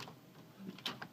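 A small plastic ball-jointed turret is pressed back onto its socket on the back of a large transforming robot toy. A light tick is heard at 0.8 s, then a sharp snap at 0.9 s as the ball joint seats, followed by another tick at 1.0 s. The turret snaps in place.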